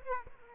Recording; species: mosquito wingbeat signal from an infrared sensor; Aedes aegypti